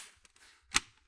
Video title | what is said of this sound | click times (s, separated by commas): PlayStation 4 Ps4 Slim Teardown Clean and Repaste | bring it over and then push it down you're going to hear clicks | 0.8 s